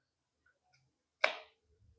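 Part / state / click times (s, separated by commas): rechargeable battery into action camera battery bay / seated / 1.2 s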